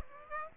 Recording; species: mosquito wingbeat signal from an infrared sensor; Aedes aegypti